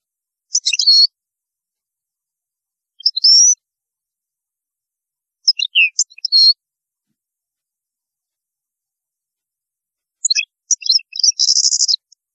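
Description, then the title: European goldfinch song in four short spaced bursts of high tinkling twitters, the last one longer and ending in a buzzy trill. "Chant Chardonneret"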